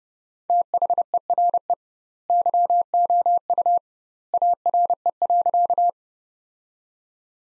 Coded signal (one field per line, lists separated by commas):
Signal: Morse code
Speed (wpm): 30 wpm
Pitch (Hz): 700 Hz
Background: none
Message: THERE YOU ARE.